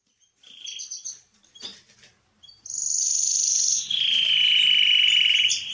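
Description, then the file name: Canary song opening with soft chirps and a brief click, then long high sustained trilled notes held for over a second each. "Canary Voice"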